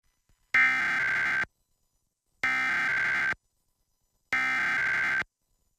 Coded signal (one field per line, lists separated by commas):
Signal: Emergency Alert System (SAME) tones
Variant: header bursts